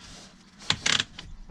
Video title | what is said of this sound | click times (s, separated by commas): DORIS HANDOVER Part 2 | lock into place | 0.7 s